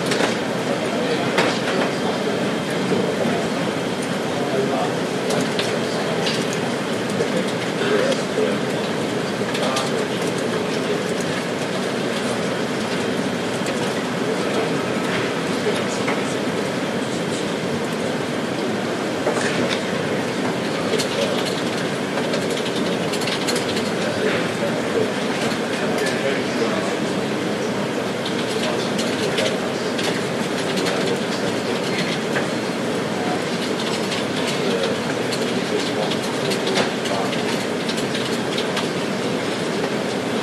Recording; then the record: background sound without coughing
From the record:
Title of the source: Office Sounds Ambience - Background Noise for Study and Work